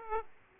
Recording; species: mosquito wingbeat signal from an infrared sensor; Aedes aegypti